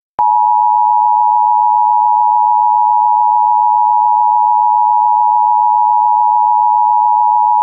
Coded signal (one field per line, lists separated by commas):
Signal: Emergency Alert System (SAME) tones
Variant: 853 and 960 Hz attention tone